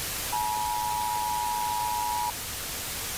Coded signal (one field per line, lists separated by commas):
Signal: Emergency Alert System (SAME) tones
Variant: 853 and 960 Hz attention tone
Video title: Reacting To The Alternate Universe:An EAS Scenario